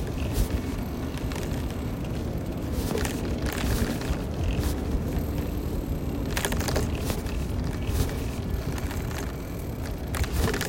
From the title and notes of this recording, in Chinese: 校園內的 YouBike 2.0。腳踏車齒輪轉動聲。騎車衣物摩擦聲。